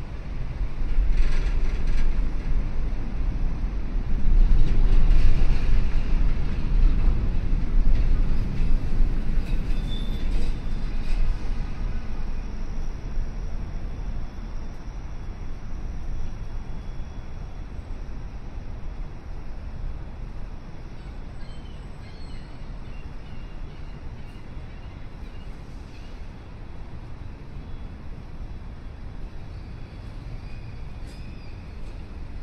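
A morning walk in downtown Chicago, filled with a steady low rumble of city traffic. The rumble is heaviest in the first ten seconds, as a vehicle passes, then eases to a calmer, even hum, with faint higher sounds flickering now and then.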